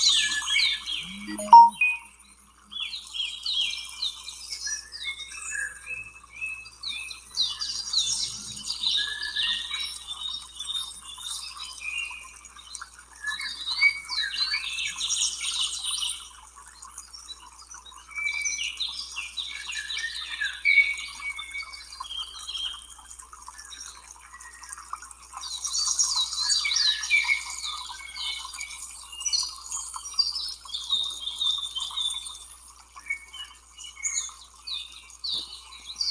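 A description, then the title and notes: Birds chirp and twitter in an outdoor setting, with many overlapping high, bright calls forming a busy, continuous chorus throughout. The activity swells in bursts around the middle and again near the end, while a faint steady hiss and a low hum sit underneath. Sounds of birds in nature. Nature birds.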